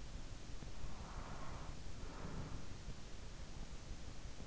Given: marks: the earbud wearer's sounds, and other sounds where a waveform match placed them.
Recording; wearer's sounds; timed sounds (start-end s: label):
sounds in sleep by an in-ear microphone; breath
0.55-3.44 s: breath